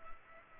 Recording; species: mosquito wingbeat signal from an infrared sensor; Culex pipiens